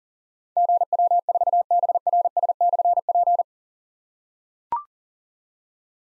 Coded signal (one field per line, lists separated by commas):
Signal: Morse code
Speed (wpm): 43 wpm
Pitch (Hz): 700 Hz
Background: none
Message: GW4BRS/P